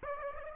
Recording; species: mosquito wingbeat signal from an infrared sensor; Aedes aegypti